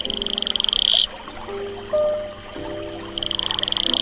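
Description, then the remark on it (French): An Atelopus franciscus toad, a smooth-skinned brown toad about 2.5 cm long from the equatorial forest of French Guiana, gives a high, rapid buzzing trill of fast pulses, calling twice with a pause between, while softer tonal chirps and background sounds fill the gap. “Le crapaud Atelopus franciscus a la peau lisse, un dos uniformément brun qui peut tirer vers l'olivâtre ou le brun foncé”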